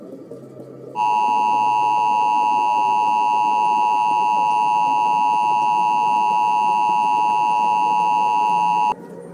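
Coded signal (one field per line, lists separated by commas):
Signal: Emergency Alert System (SAME) tones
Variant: 853 and 960 Hz attention tone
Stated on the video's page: Recreation of a fictional EAS scenario for an EF6 tornado, redone from another creator's original.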